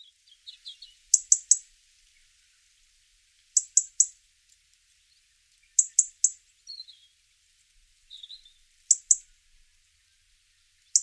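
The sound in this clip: Robin calls: tight bursts of two or three very high, sharp ticking notes, repeated every two to three seconds, with faint thin warbled notes between them.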